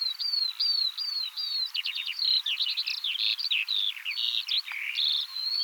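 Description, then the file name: Eurasian skylark song opening with a few drawn-out whistles, then breaking into a hurried jumble of trills and twittering notes. "Veldleeuwerik Alauda arvensis"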